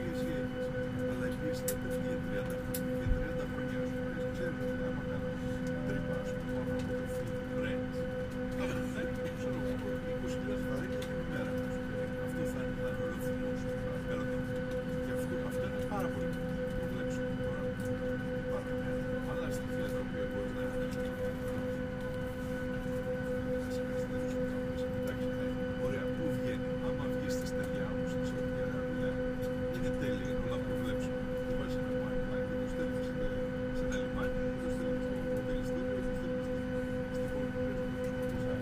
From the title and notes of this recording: This week features a flight from London Stanstead airport to the Greek island of Skiathos. Binaural. Boarding the Airbus, through to takeoff and a little bit of cruising.